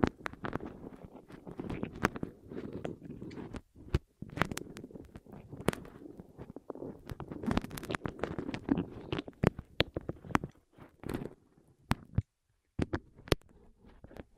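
ASMR rolling sounds on the ears: a soft, low rumbling swell broken by frequent sharp clicks and taps, with brief silent gaps.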